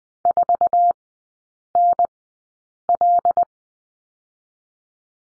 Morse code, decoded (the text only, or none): 4NL